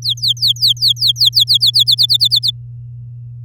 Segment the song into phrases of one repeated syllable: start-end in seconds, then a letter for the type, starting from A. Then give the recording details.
0.02-1.84 A, 1.86-2.51 B. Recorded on 10 May 2018 at 12:53. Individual llb16